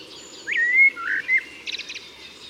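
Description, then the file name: Common blackbird: a rising fluty note, a drawn-out whistle, then a burst of high rattling twitter. "Turdus merula"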